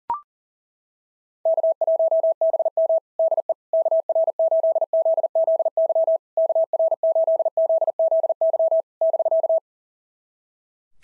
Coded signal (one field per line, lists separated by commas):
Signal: Morse code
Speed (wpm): 37 wpm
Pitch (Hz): 650 Hz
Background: none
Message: K1BM DE KR8ZZY KR8ZZY <BK>